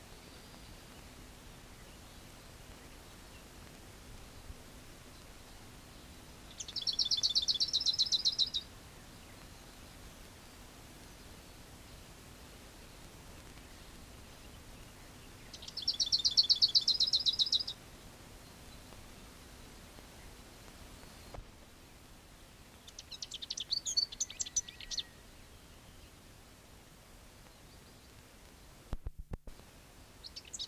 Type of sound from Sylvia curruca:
song